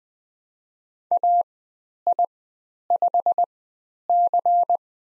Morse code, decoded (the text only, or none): AI5C